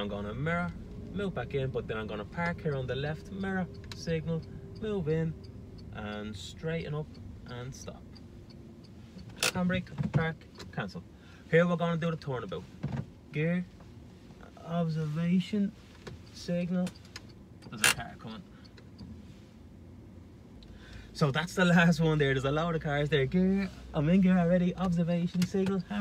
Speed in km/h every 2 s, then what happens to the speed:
23, 19, 15, 6, 0, 0, 0, 0, 0, 0, 0, 0, 0.
0-7 slows to 0. 7-26 standing.